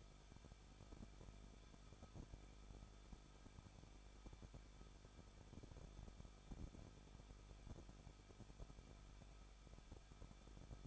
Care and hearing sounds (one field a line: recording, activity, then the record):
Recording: daily activity, microphone in the room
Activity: no activity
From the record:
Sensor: 5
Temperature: 20.8 degrees Celsius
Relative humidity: 38.3%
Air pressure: 1006.6 hPa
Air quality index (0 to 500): 186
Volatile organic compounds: 18 ppm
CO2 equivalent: 2602 ppm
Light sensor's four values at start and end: 2/3/1/1 and 2/3/1/1